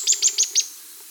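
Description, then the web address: Streaked xenops song fragment: four high, sharp notes in fast even succession, trailing into quiet background. Andean bird of South America. "S America Andean Birds. Streaked Xenops (Xenops Rutilans)"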